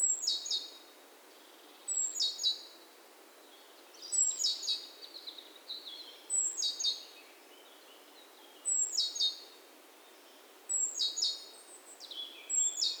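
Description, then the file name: Great tit calls, short high thin note dropping into buzzy chattering notes, bursts repeated about every two seconds, seven bouts, over faint steady background hiss. "Parus major"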